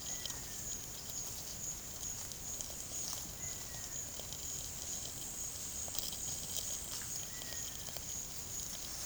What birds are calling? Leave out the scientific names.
Cinereous Tinamou